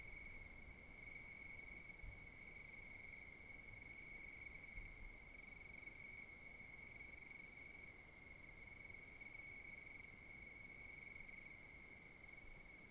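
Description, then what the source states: Cricket chorus: a sustained high trill with faint interrupted buzzing above it, repeating at a fairly even pace against a steady background hiss. Countryside at night.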